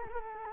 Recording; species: mosquito wingbeat signal from an infrared sensor; Culex quinquefasciatus